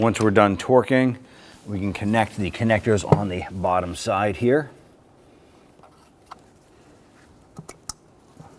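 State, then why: Seated. A wiring harness connector is pushed onto an engine knock sensor under the intake manifold of a 2011-2021 Jeep Grand Cherokee 3.6L V6 while someone talks. After the talking stops, faint handling ticks lead up to a sharp click at 7.9 s as the connector seats.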